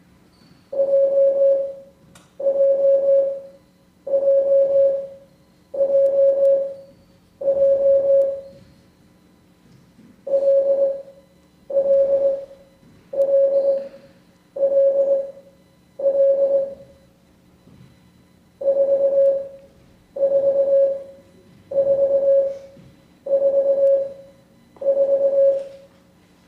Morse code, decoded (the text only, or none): JJJJJ LLLLL 44444